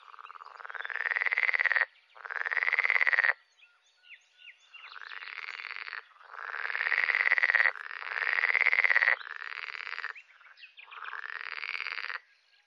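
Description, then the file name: Frog gives separate bouts of nasal, rattling croaks, each rising slightly in pitch and lasting about one to two seconds, with short quiet gaps between. "grenouille de lessona"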